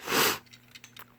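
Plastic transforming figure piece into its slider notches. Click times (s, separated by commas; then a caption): 0.8 s, 1.0 s. A lifted plastic piece on a Transformers Prime Beast Hunters Voyager Shockwave figure is pushed into its slider notches during transformation, to keep it in place. A loud broadband rush of noise fills the first 0.4 seconds, then sharp, quiet plastic clicks come at 0.8 and 1.0 seconds. The piece seats into its notches.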